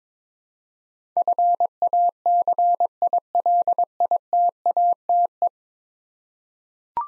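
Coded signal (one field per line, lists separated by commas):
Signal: Morse code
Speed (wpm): 22 wpm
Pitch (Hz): 700 Hz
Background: none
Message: FACILITATE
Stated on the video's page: Ten-letter word head-copy practice at 22 wpm; each word sent, spoken, then sent again.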